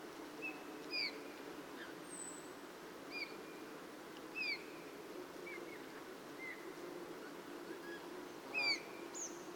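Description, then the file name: Eurasian bullfinch giving short, soft whistled calls a few seconds apart over a steady low background hum. "Pyrrhula pyrrhula"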